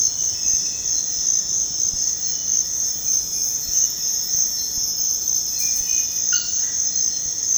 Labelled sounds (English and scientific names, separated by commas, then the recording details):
none
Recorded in dense forest near Puerto Asís, Putumayo, Colombia, on 18 February 2024 at 05:30
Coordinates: 0.472, -76.329
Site G6394